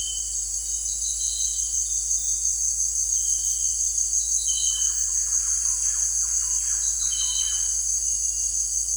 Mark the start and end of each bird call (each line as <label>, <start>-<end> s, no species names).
bird call, 4.66-7.71 s